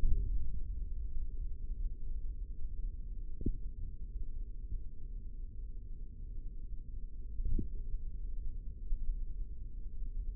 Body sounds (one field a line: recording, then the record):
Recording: forearm muscle sounds (acoustic myography)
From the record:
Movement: tripod grip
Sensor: system 3, bracelet of six PUI Audio POM-2738L microphones around the upper forearm, with dedicated amplification and filtering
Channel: 4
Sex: male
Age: 25 years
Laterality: right